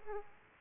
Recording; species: mosquito wingbeat signal from an infrared sensor; Aedes aegypti